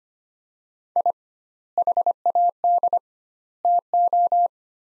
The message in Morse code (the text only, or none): I HAD TO